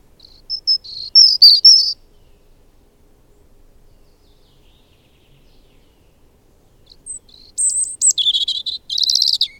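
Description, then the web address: Bird song: a high, twittering phrase of quick notes and trills, then about five seconds of silence before a second, longer chattering phrase. "madarak enek"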